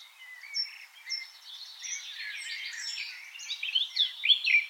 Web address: SETE data Sylvia atricapilla